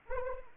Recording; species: mosquito wingbeat signal from an infrared sensor; Anopheles arabiensis